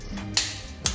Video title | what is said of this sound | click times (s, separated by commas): Bertha Gets A Built Valvetrain & Head Studs - Road To 600hp Hotshot Truck | There's your click. | 0.4 s, 0.9 s